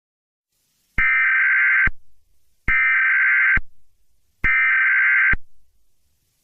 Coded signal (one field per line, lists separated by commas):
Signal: Emergency Alert System (SAME) tones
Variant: header bursts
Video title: EAS Scenario #13 (SPOOKY NUMBER): NO EYES ON ME!